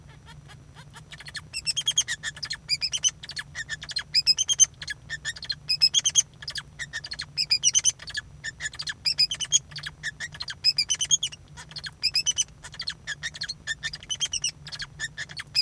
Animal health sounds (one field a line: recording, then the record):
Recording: song of a male Bengalese finch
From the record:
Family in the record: son of father 2